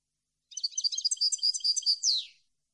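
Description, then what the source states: European goldfinch song: a two-second burst of rapid, tinkling high notes that ends in a downslurred, buzzy note. The background is silent. Clean goldfinch song intended for birds to copy.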